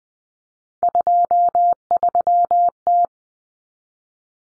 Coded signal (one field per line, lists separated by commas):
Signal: Morse code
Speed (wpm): 20 wpm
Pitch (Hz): 700 Hz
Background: none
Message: 23T